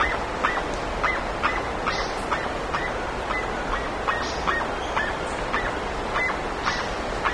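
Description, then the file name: Bird calls: short notes repeated rapidly, with occasional high chips over steady background noise. "SABIOD 50 bird 2015"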